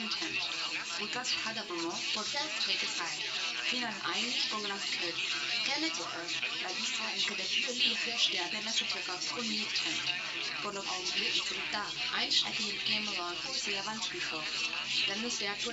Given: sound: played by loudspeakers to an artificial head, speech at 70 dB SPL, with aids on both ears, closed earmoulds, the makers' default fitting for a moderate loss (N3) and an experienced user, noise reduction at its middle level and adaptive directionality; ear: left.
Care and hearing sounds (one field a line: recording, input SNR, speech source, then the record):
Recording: speech test signal (ISTS) in cocktail-party noise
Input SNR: +6 dB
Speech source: on the right (90 degrees)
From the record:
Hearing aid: class 1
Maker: A